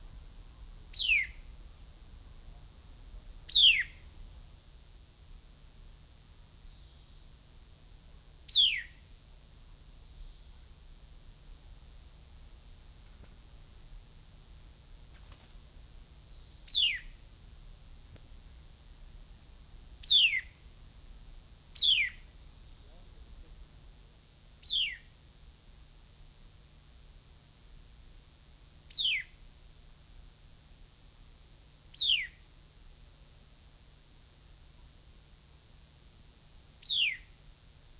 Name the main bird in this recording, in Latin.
Garrulax sannio